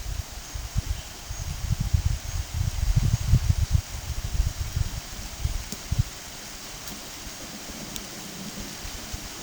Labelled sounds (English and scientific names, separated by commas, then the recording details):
none
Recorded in pastures near Puerto Asís, Putumayo, Colombia, on 30 June 2025 at 12:00
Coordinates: 0.472, -76.331
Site G095